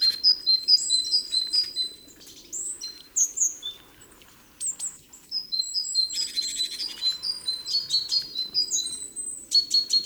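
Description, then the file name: Great tit calls in lively bursts of thin chirping notes, a short pause midway, then another rapid series of sharp, repeated notes and clicks. "Parus major"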